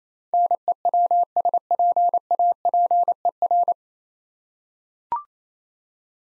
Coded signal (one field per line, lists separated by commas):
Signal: Morse code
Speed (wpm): 27 wpm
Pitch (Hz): 700 Hz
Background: none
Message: NEWSPAPER